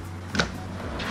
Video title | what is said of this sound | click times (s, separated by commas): ARB Outback Drawer System | slides open and closed. It locks in place, so if you are on an incline, | 0.3 s, 0.4 s